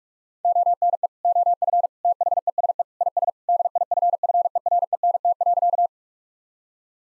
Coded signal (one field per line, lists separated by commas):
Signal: Morse code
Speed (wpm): 41 wpm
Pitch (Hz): 700 Hz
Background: none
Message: ONE OF THESE IS DIFFERENT.